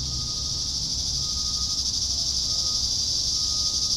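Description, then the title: Cicadas buzzing continuously at high pitch, a faint thin whistle-like tone heard on and off, low rumble beneath. "neoscenes: cicadas"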